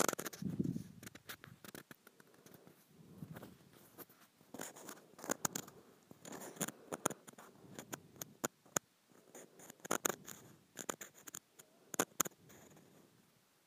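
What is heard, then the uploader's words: Textured plastic is scratched in uneven bursts of crisp, rasping strokes and sharp clicks, with brief pauses between them throughout. ASMR Scratching a Textured Plastic.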